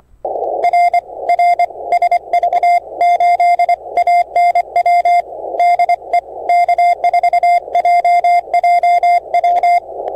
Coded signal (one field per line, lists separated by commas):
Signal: Morse code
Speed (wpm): 25 wpm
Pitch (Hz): 700 Hz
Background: radio noise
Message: R R SV8ANW DE K4JJW